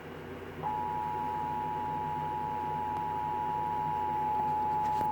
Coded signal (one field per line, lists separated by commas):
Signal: Emergency Alert System (SAME) tones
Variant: 853 and 960 Hz attention tone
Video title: Child Abduction Emergency (EAS #60)